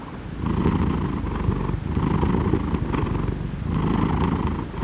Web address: مجموعه افکت صدا حیوانات SES Animals SFX Cat Purring